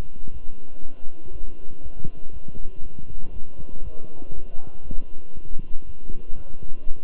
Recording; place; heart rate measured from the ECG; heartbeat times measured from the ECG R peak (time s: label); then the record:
heart sounds by stethoscope; between the tricuspid and mitral areas; 119 bpm
0.32 s: heartbeat
0.81 s: heartbeat
1.31 s: heartbeat
1.82 s: heartbeat
2.32 s: heartbeat
2.82 s: heartbeat
3.32 s: heartbeat
3.83 s: heartbeat
4.33 s: heartbeat
4.83 s: heartbeat
5.34 s: heartbeat
5.85 s: heartbeat
6.36 s: heartbeat
6.87 s: heartbeat
From the record:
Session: walking at 3.7 km/h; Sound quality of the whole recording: good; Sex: male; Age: 23 years